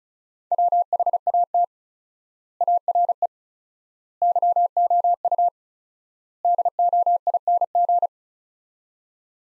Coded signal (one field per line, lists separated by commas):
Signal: Morse code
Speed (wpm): 36 wpm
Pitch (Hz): 700 Hz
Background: none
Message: WHAT ARE YOU DOING